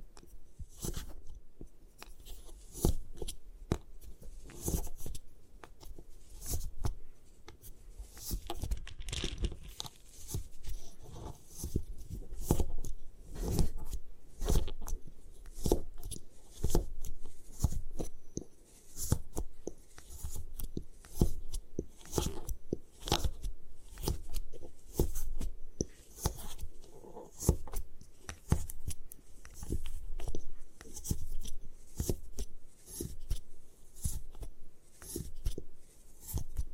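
A block of gym chalk is crushed and broken apart in a steady run of dry, crumbly crunches and scrapes. Sharp cracks come several times a second for the whole length, with brief pauses and a soft gritty hiss between them.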